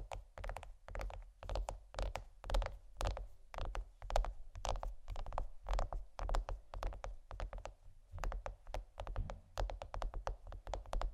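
Chocolate is scratched and tapped in quick, irregular clicks and taps throughout, crisp and bright, over a steady low hum.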